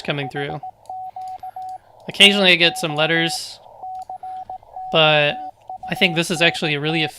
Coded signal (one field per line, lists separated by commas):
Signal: Morse code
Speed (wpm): 18 wpm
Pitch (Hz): 750 Hz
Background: speech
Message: HQ TO COUNT